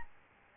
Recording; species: mosquito wingbeat signal from an infrared sensor; Aedes albopictus